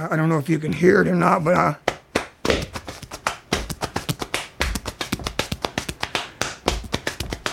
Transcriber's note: soundbite of slapping rhythmically